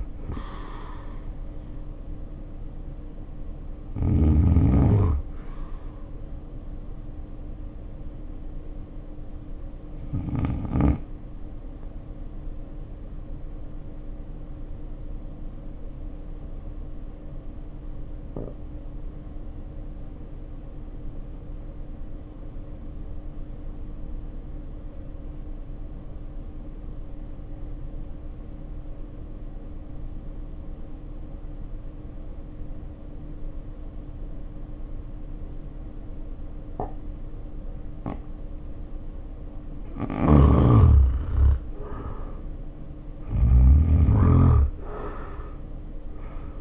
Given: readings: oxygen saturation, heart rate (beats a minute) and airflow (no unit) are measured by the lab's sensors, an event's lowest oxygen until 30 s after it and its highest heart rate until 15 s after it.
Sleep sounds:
breathing in sleep by a smartphone at the bedside; 1
7.00-41.00 s: hypopnea (N1, oxygen 93% highest, then 72% lowest, heart rate 50 at the start, 74 highest)
From the record:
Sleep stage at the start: N1 (lightest sleep); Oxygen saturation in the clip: 69 to 93%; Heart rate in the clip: 50 to 74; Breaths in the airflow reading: 12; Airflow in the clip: -1.5 to 1.9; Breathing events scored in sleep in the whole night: 520 in 7.2 hours asleep

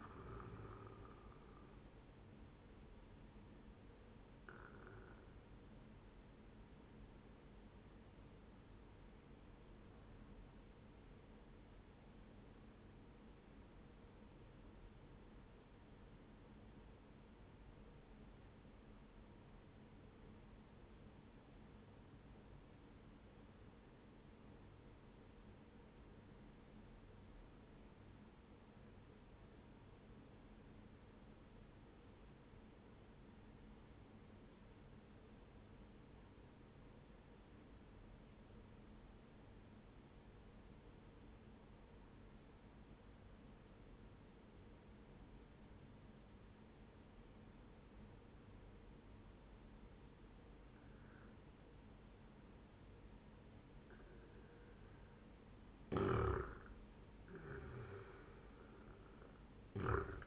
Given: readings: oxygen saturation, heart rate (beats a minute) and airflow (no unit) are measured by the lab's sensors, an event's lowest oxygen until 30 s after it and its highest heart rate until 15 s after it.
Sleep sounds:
breathing in sleep by a voice recorder at the bedside; 1
8.00-54.30 s: obstructive apnea (N1, oxygen 98% highest, then 92% lowest, heart rate 69 at the start, 75 highest)
From the record:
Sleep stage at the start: N1 (lightest sleep); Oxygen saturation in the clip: 90 to 98%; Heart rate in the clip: 58 to 76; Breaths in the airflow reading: 2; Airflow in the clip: -8.9 to 12.2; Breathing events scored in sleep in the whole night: 131 in 7.2 hours asleep

